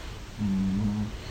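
One low, steady, droning snore lasting under a second, from a sleeping man or his small dog, in a snoring duet between the two.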